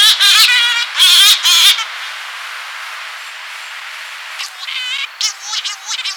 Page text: Corys Shearwater Flight Call. Quick Sounds